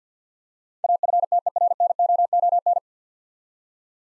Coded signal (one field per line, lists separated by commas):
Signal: Morse code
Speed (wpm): 53 wpm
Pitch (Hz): 700 Hz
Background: none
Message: AFTERNOON